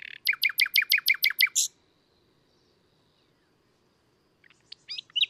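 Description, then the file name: Common nightingale song: a rhythmic run of eight sharp repeated notes ending in a harsh burst, a long pause, then soft scattered chirps. "Luscinia megarhynchos"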